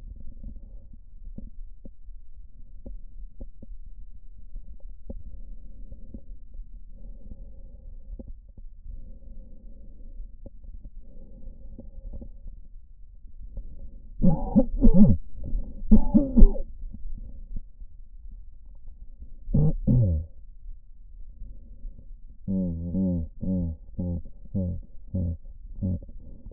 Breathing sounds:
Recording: lung sounds by stethoscope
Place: right posterior apical chest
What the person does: quiet breathing, then cough and speech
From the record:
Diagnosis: none (healthy)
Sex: male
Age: 34 years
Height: 174 cm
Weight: 93 kg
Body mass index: 30.7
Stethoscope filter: diaphragm mode

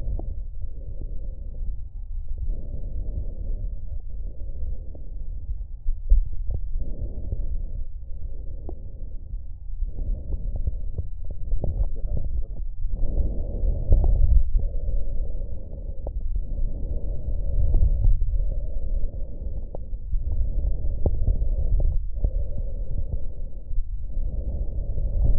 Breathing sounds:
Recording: lung sounds by stethoscope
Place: right anterior apical chest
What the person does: quiet breathing, then deep breathing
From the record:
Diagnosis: none (healthy)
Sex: male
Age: 60 years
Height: 190 cm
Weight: 150 kg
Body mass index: 41.6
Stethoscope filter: extended mode

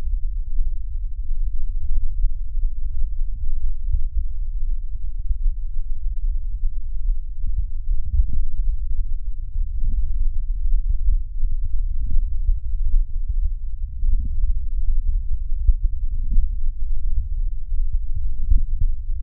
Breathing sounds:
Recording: lung sounds by stethoscope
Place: right anterior apical chest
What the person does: quiet breathing, then deep breathing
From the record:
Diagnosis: COPD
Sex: male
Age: 72 years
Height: 172 cm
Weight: 58.6 kg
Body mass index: 19.8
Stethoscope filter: bell mode

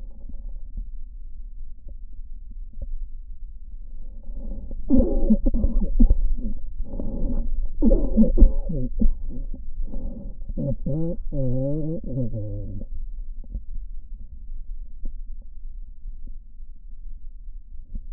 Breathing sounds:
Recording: lung sounds by stethoscope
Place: right posterior basal chest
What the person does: quiet breathing, then cough and speech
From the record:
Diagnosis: interstitial lung disease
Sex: male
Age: 75 years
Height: 167 cm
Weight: 68 kg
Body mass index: 24.4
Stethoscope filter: diaphragm mode

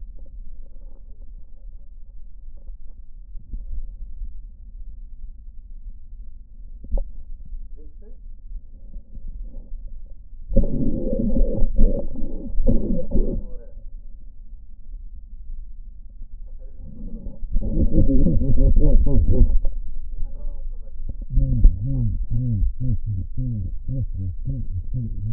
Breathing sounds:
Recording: lung sounds by stethoscope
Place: left posterior basal chest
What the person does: quiet breathing, then cough and speech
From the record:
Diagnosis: pulmonary infection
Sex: male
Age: 74 years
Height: 171 cm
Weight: 80 kg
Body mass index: 27.4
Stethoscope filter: diaphragm mode

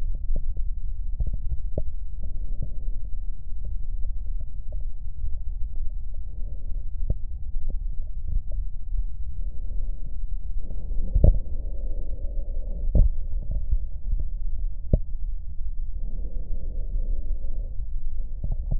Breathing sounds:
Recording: lung sounds by stethoscope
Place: right posterior basal chest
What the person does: quiet breathing, then deep breathing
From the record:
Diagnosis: asthma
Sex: female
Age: 77 years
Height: 160 cm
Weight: 68.7 kg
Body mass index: 26.6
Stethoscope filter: extended mode

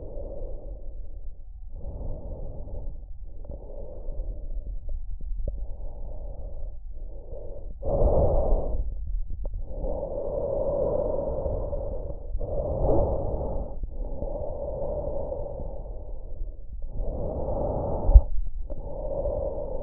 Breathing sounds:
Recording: lung sounds by stethoscope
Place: trachea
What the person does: quiet breathing, then deep breathing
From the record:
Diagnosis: COPD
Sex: female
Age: 65 years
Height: 156 cm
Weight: 63.9 kg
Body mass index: 26.3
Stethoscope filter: extended mode

